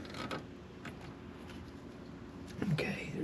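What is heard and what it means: A spark plug wire boot is pushed down onto the spark plug in a Subaru EJ25 or EJ22 SOHC engine. Soft creaking and handling noises lead up to a click at 2.8 s as the boot snaps onto the plug and seats. Someone talks.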